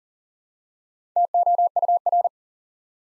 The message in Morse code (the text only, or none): TOUR